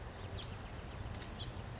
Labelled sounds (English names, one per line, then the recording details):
House Finch
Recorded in Sonoma County, California